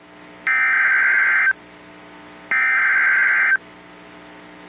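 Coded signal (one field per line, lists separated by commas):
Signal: Emergency Alert System (SAME) tones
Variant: header bursts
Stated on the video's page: Flash flood warning on weather radio station KEC55.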